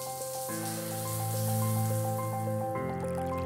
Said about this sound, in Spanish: Te levantas. Una ducha.